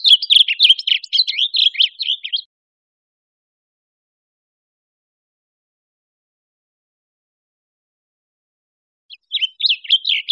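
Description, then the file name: Blue grosbeak song: a fast, jumbled warble of high sweet notes lasting about two and a half seconds, then a long silence before another phrase begins near the end. Recorded in Costa Rica. "CR BLGR"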